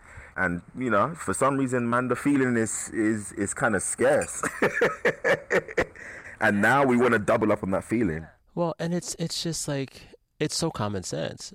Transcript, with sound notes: And, you know, for some reason, man, the feeling is - it's kind of scarce (laughter). And now we want to double up on that feeling.
Well - and it's just like - it's so common sense.